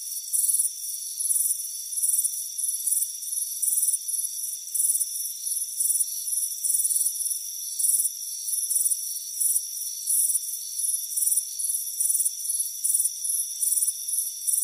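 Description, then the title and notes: Cricket chirps repeat steadily, some stronger than others, over a constant thin insect whine. Crickets chirping on a warm afternoon by a front porch. "Soothing Crickets Chirping Sound. It's a warm afternoon as you relax in a hammock on the front porch. Relax and fall asleep to the soothing sound of chirping crickets. Deep Sleep Sounds"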